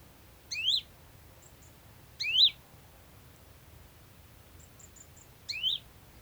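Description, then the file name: Great tit giving three single upward-sweeping chirps at irregular intervals, with faint high ticks between. "Parus major"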